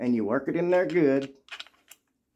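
Someone talks while a steel cylinder is worked into the frame of a .45 Colt revolver through the loading gate, with the hammer at half cock. Afterward, a few faint metallic handling ticks are heard. Nothing has seated or clicked into place yet.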